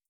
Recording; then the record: hydrophone in a shrimp aquaculture tank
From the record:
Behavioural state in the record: starved